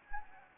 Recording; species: mosquito wingbeat signal from an infrared sensor; Anopheles gambiae